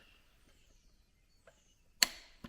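A click-type torque wrench is pulled on an engine bolt until it reaches its setting. After quiet ratcheting ticks and a faint tap at 1.5 s, a sharp, bright metallic click rings out at 2.0 s and fades, with a softer knock near 2.4 s. The wrench reaches its setting and the bolt is torqued.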